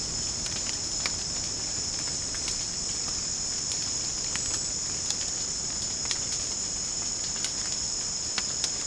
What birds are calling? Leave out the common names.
none